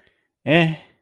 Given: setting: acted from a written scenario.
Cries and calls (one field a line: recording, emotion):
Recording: vocal sound without words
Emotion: neutral